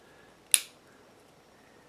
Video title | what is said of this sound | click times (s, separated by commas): G Body A/C Control Unit Refurbish!!! 1987 Olds 442: Video 37 | that positive snap and let's | 0.5 s